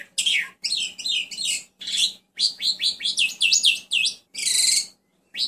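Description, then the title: Bird song, a fast varied medley of high whistles, sweeping chirps and buzzy notes in short bursts separated by brief pauses, over a faint low steady hum. Songbird training recording (masteran) used to teach captive songbirds. "Masteran Burung"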